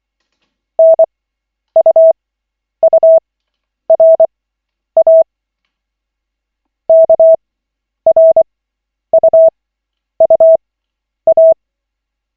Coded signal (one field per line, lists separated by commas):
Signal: Morse code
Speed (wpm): 24 wpm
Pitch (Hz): 650 Hz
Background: none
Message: NUURA KRUUA